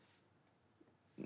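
A cat's sneeze, a short burst at the end. The cat has chronic cat flu (Katzenschnupfen) and is going through a phase of frequent sneezing.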